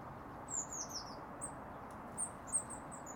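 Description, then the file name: Eurasian blue tit calls: thin, very high notes, first a quick descending series, then a short string of brief high notes, over a steady low hiss. "Cyanistes caeruleus"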